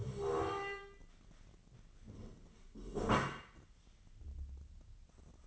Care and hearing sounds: daily activity, microphone in the room; stand up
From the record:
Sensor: 4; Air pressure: 1013.1 hPa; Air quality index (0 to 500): 174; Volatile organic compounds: 2 ppm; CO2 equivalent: 1102 ppm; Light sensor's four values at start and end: 53/131/55/59 and 53/130/55/58

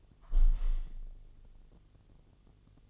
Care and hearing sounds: daily activity, microphone in the room; close window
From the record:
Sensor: 4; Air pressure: 1015.8 hPa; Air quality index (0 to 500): 115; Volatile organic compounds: 2 ppm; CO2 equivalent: 1291 ppm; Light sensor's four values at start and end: 9/20/8/7 and 9/20/8/7

